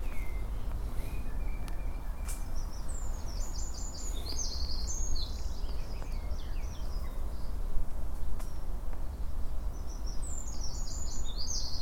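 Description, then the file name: Eurasian wren song, two bursts of rapid, high-pitched trilled notes, the second starting near the end, against constant low-pitched background rumble. "Troglodytes troglodytes"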